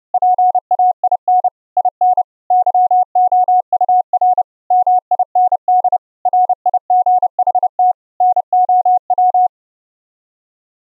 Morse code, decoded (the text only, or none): PAIN IN YOUR MIND RIGHT NOW